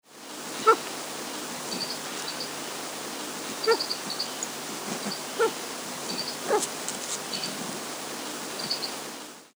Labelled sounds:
Copper Pheasant (Syrmaticus soemmerringii)
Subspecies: ijimae
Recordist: Tembrock, Günter
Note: Männchen: Kurzlaute, im Hintergrund weibliche Tiere

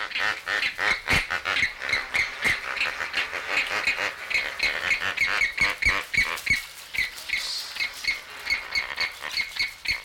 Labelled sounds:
James's Flamingo (Phoenicoparrus jamesi)
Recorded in captivity
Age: adult
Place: Zoo Berlin, Berlin, DE
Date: 1994-01-08 11:52
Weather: wolkig bis sonnig, 6 °C
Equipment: Marantz CP 430, Sennheiser MKH 416 T, Kopie Uher Variocord 263
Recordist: Tembrock, Günter

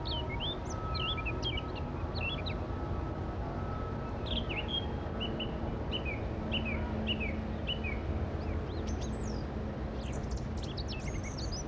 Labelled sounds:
Eurasian Blackcap (Sylvia atricapilla) song
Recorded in the wild
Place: Lana, Bozen, IT
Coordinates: 46.5903, 11.1469
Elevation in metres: 699
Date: 1981-03-29
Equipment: Uher 4000 Report, Sennheiser MKH 815 T
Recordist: Tretzel, Erwin

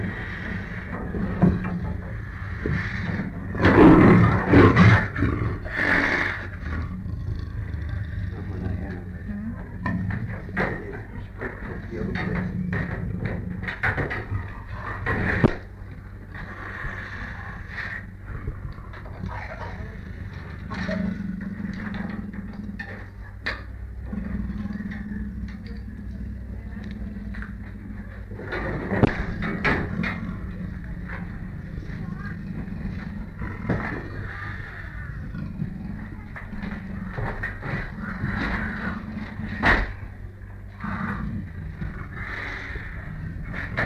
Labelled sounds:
Leopard (Panthera pardus)
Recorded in captivity
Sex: pair
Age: adult
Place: Tierpark Berlin, Berlin, DE
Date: 1959-09-01
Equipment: Smaragd
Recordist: TSA

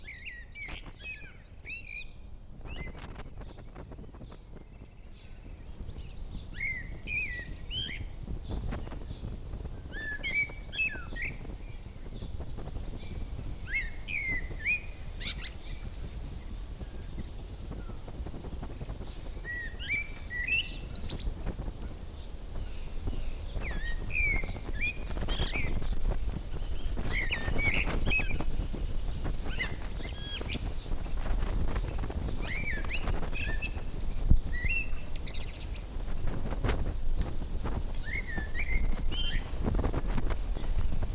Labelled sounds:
Common Blackbird (Turdus merula)
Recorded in the wild
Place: Naturfreundehaus - Üdersee, Nationalpark Untere Oder, Brandenburg, DE
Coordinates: 52.85, 13.68
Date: 1996-03-28 17:50
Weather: sonnig, böiger Wind, 3°C
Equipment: Sony MD-WM MZ-R3, Sennheiser ME 80, Kopie Uher 4000 Report Monitor
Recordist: Tembrock, Günter

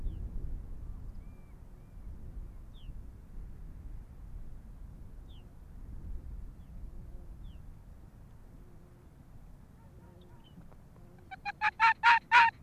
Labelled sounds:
Arctic Fox (Vulpes lagopus)
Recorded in the wild
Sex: female
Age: adult
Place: Insel Mednyi, Kommandeur-Inseln, RU
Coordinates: 54.5167, 168.083
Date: 1999-07-25 18:21
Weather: 10°C, leicht bewölkt, schwacher Südwestwind
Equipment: Sony WM-D6C, Sennheiser ME 80, K 30 AV, Windkorb, Kopie Tascam DA 30
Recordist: Jakupi, Antje
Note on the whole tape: Südosten der Insel, weisse Stange: Bellstrophen von Fähe weiss/weiss 31. Blickt dabei ins Hüttental. Entfernung 10 m. Zum Teil übersteuert!!! Im Anschluß an letzte Bellstrophe steht das Tier auf, wälzt sich, markiert und läuft im Galopp Richtung Sattel

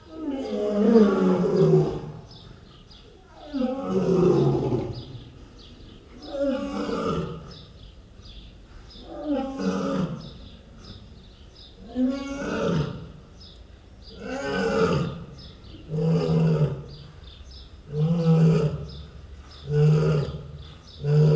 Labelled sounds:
Lion (Panthera leo) call
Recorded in captivity
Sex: pair
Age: adult
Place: Zoo Halle, Sachsen-Anhalt, DE
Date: 1969-07-05
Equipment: Uher 4200 Report Stereo, Sennheiser MD 421
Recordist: Tembrock, Günter

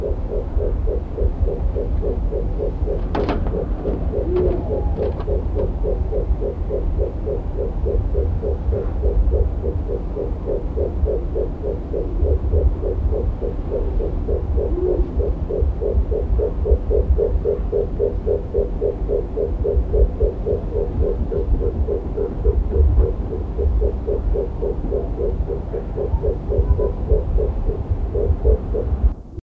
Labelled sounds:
Morepork (Ninox novaeseelandiae) call
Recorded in captivity
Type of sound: call
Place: Vogelpark Bad Schwartau, Schleswig-Holstein, DE
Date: 1982-02-25
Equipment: Halbspur, 9,5 cm/s
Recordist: Lütgens, Hans
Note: Lockreihe aus Nistkasten

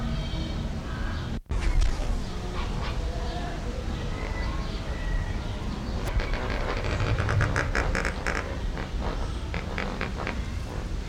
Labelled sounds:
Lesser Flamingo (Phoeniconaias minor)
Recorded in captivity
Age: adult
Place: Zoo Berlin, Berlin, DE
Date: 1994-06-25 11:19
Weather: sonnig, 18-25°C, Wind
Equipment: Marantz CP 430, Sennheiser ME 80, Kopie Uher Variocord 263
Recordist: Tembrock, Günter

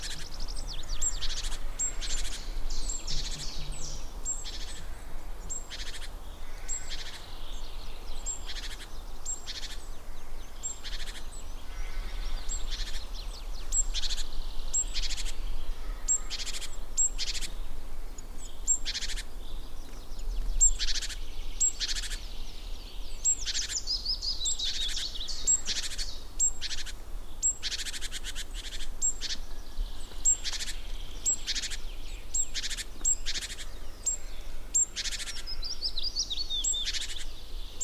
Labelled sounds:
Great Tit (Parus major)
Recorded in the wild
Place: Waldsieversdorf, Rotes Luch, Brandenburg, DE
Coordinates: 52.5408, 14.0453
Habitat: wood
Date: 1992-04-30 10:32
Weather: fair, 15°C
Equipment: Aiwa HD-S1, Sennheiser ME 80
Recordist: Frommolt, Karl-Heinz

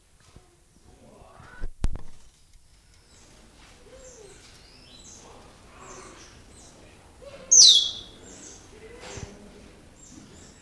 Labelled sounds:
Asian Glossy Starling (Aplonis panayensis) call
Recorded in captivity
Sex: group
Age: adult
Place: Zoo Berlin, Berlin, DE
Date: 2001-01-05 13:06
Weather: overcast, 5°C
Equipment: Nagra SN, Kopie Uher 4000 Report Monitor
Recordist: Tembrock, Günter

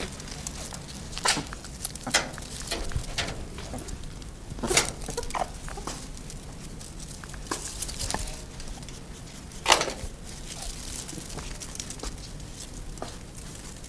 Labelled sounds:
Meerkat (Suricata suricatta) call
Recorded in captivity
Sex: group
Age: adult
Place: Zoo Halle, Sachsen-Anhalt, DE
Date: 2001-04-09 15:30
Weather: fair, ca. 15°C
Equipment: Nagra SN, Kopie Uher 4000 Report Monitor
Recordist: Tembrock, Günter

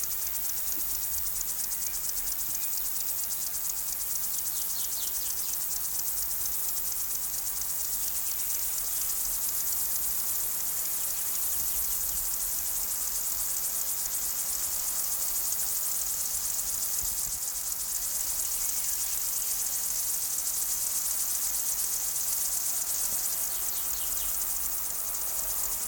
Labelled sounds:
Upland Field Grasshopper (Chorthippus apricarius) stridulation
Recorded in the wild
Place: Blankenfelde, Berlin, DE
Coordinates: 52.625, 13.404
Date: 1992-06-27 10:30
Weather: sonnig, 22-26°C
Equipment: Marantz CP 430, Sennheiser ME 80, Kopie Tesla B 116
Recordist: Tembrock, Günter

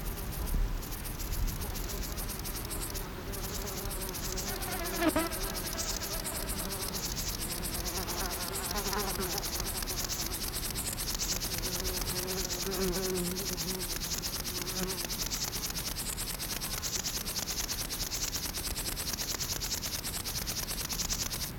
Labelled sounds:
Upland Field Grasshopper (Chorthippus apricarius) stridulation
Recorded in the wild
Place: Blankenfelde, Berlin, DE
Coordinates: 52.625, 13.404
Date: 1992-07-19 11:33
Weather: wolkig - sonnig, 22°C, Wind
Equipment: Marantz CP 430, Sennheiser ME 80, Kopie Tesla B 116
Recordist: Tembrock, Günter

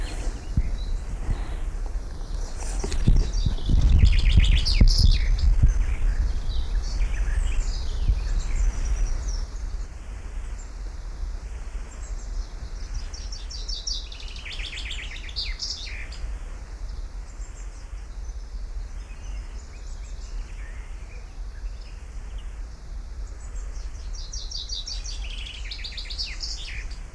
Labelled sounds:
Common Chaffinch (Fringilla coelebs)
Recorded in the wild
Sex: male
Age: adult
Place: Kremmen, Brandenburg, DE
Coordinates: 52.76, 13.03
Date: 1995-06-03 11:30
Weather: heiter, 18°C
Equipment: Marantz CP 430, Sennheiser ME 80, Kopie Uher 4000 Report Monitor
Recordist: Tembrock, Günter

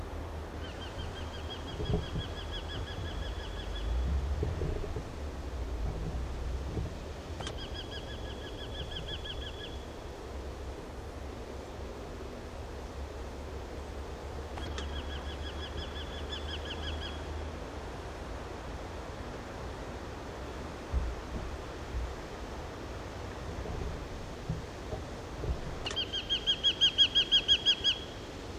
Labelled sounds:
Eurasian Hobby (Falco subbuteo) call
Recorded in the wild
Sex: male
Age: adult
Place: Bielefeld-Stieghorst, Nordrhein-Westfalen, DE
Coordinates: 51.9833, 8.63333
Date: 1971-07-01
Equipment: Uher 4000 Report-S, Bändchenmikro Beyer M 260, Parabolspiegel Polyester (470 mm)
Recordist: Conrads, Klaus

